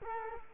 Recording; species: mosquito wingbeat signal from an infrared sensor; Culex quinquefasciatus